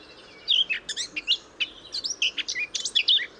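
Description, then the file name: Eurasian blackcap warbling song: rapid, varied high chirps and short twittering notes tumbling together in quick bursts, with brief pauses between them. "Sylvia atricapilla"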